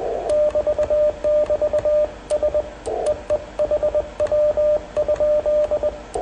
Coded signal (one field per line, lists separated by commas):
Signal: Morse code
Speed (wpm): 21 wpm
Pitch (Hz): 590 Hz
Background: radio noise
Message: <BT><BT> S EE HW?